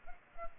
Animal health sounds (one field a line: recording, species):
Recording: mosquito wingbeat signal from an infrared sensor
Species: Culex pipiens